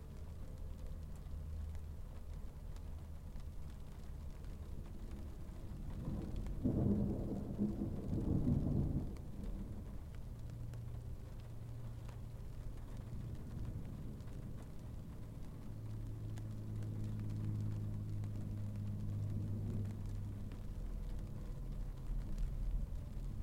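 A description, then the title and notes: Rain taps faintly and irregularly on a car windshield over a low, steady rumble heard from inside the vehicle. A louder swell of rumbling comes around seven to nine seconds, and a steady low hum holds through much of the second half. Rain on Windshield, West, 1:52pm. I hit a bad thunderstorm. I left my H5 rolling on my dashboard to try and catch some of the storm as it moved on. The sound of rain from inside a car.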